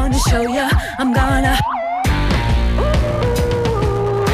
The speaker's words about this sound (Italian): E le sirene.